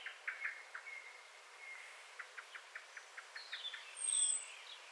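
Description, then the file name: Common blackbird calls: a run of short, sharp clicking notes, repeated about every quarter second, with a brief higher squeak near the end over soft background hiss. "Turdus merula"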